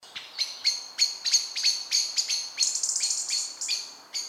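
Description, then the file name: Common blackbird calling with a rapid run of sharp metallic chinks against quiet background hiss. "Turdus merula"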